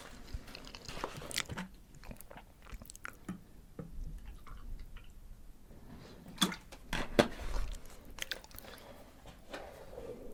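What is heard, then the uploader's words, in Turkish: Someone eating çiğ köfte, with irregular wet chewing and soft smacking throughout. Short sharp clicks and squishes come every second or so, with louder bites around six and seven seconds. A low, soft rumble sits underneath the whole time. Çiğköfte Yeme Sesi Asmr.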